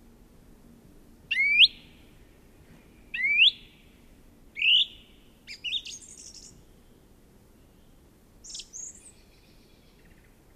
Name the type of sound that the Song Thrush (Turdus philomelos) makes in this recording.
song